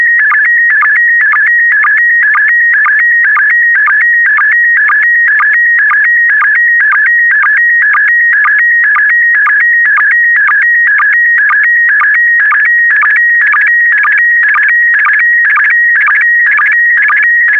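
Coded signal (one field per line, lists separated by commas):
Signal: SSTV (slow-scan television)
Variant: PD120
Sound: steady warbling tones stepping up and down, with a short low blip twice a second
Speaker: complete you can now check your decoded image against the picture that is shown on the video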